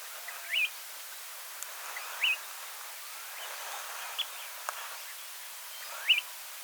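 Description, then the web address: Snowy plover giving brief, rising whistled calls about every two seconds, with faint clicks and soft background noise. "sound Snowy-plover. دانلود-صدای-پرنده-سلیم-برفی"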